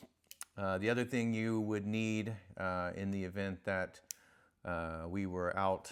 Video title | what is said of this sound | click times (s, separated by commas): The Go Bag Contents | this one has a an excellent backup knife that locks in place. | 0.3 s, 0.4 s